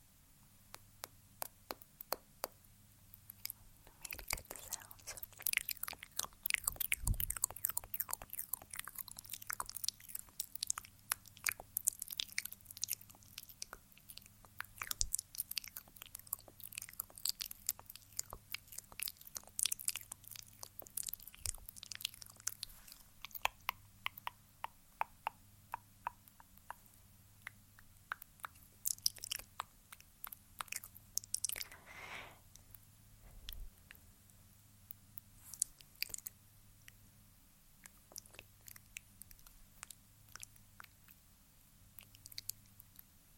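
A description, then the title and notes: Wet mouth sounds and soft lip clicks and smacks repeat densely over a low steady hum, with brief crisp rubbing bursts. ASMR Applying Lip Balm Over and Over (Mouth Sounds & Tascam Tingles).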